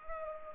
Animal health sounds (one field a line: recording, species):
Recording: mosquito wingbeat signal from an infrared sensor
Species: Culex pipiens